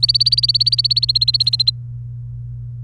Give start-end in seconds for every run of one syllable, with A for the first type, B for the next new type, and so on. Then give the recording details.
0.00-1.70 A. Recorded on 28 April 2018 at 07:02. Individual llb3